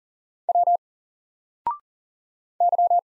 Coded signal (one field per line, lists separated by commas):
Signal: Morse code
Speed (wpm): 38 wpm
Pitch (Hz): 700 Hz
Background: none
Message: W Y